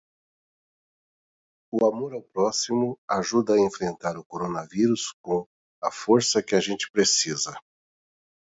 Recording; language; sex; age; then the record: spoken sentence; Brazilian Portuguese; male; 50 to 59 years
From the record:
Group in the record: control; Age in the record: 55 years